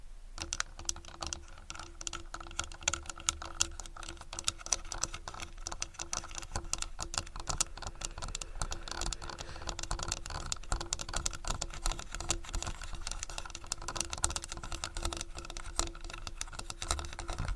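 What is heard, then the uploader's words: Fast, continuous camera tapping, dense clicky taps like rapid typing across all 18 seconds, over a steady low hum and faint tone. ASMR Fast Camera Tapping On & Around Camera.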